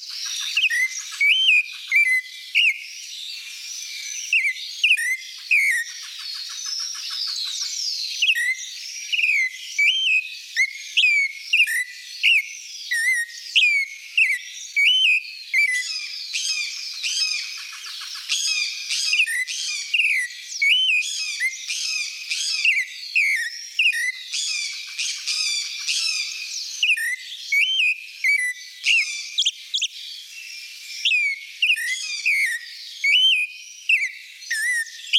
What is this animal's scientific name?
Turdus grayi